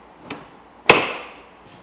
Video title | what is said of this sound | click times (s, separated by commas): [NEW] Milwaukee 2357-20 M18 Packout Light/Charger | you're in there and then all you do is push this back and you'll hear it click and lock in so | 0.9 s